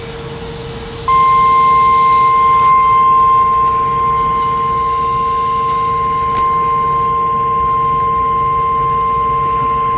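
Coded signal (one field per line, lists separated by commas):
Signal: Emergency Alert System (SAME) tones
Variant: 1050 Hz attention tone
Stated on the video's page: Recorded weekly EAS test alerts.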